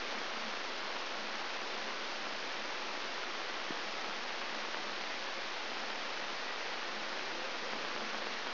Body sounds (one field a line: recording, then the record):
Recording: brain microelectrode recording played as sound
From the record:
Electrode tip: outside the subthalamic nucleus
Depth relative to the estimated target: -2 mm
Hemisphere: left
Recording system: AlphaMap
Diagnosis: Parkinson's disease